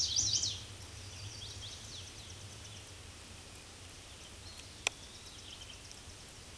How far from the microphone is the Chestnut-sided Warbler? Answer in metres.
about 65 m